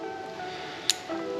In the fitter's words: All right, both clicked in nice and tight.